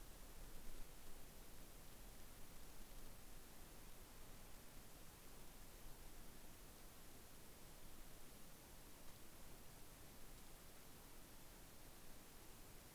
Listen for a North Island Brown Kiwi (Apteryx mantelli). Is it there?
no